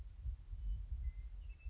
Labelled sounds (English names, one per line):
Western Meadowlark